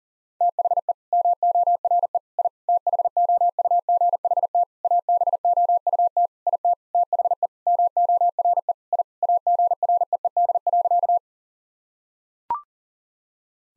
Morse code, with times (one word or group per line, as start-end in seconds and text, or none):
0.4-0.9 THE
1.1-2.2 MORE
2.4-2.5 I
2.7-4.6 THOUGHT
4.8-6.3 ABOUT
6.5-6.7 IT
6.9-7.5 THE
7.7-8.7 MORE
8.9-9.0 I
9.2-11.2 AGREED.